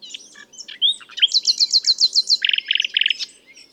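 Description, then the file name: Common nightingale song: varied whistled notes, then a fast run of repeated rich phrases and a lower churring trill, rapid and loud. "Luscinia megarhynchos"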